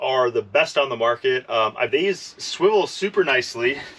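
A man talks while a van seat is handled on its swivel base, turning it back toward the forward position where the swivel lock engages. Speech fills the clip with no distinct mechanical impacts. Nothing has seated or clicked yet; the clip ends just before the swivel lock goes home.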